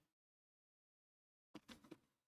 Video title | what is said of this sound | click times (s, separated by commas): NOUVEAU PROJET "Automobile" - 28/01/2026 | C'est malin, mais ça ferme pas. | none